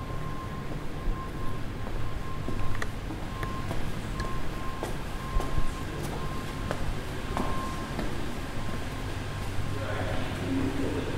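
A walk through the downtown McGill University campus, with a steady low rumble of traffic underneath everything. A thin whine holds at one pitch through most of the clip, while short clicks and knocks land every second or so. Faint voices come and go.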